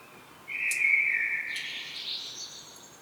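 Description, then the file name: Common blackbird giving a single sustained fluty warble that slides into a thinner, higher twittering trail over about two seconds, against a soft background hiss. "Turdus merula"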